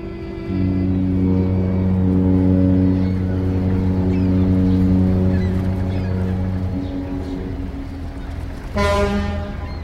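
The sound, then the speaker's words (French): A Hamburg-America line ship entering the port of New York at reduced speed sounds a long, deep, sustained horn blast over a low engine rumble, followed moments later by a short, brighter toot as it moves slowly through the water. “Karl Rossmann, un garçon de 17 ans, allemand de Prague en Bohême, entre dans le grand port de New York sur un bateau de la ligne Hamburg-America, naviguant déjà à vitesse réduite.”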